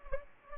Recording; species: mosquito wingbeat signal from an infrared sensor; Anopheles gambiae